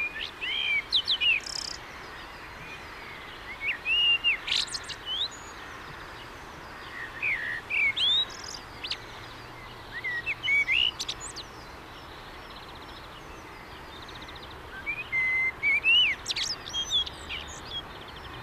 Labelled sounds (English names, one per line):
Common Blackbird song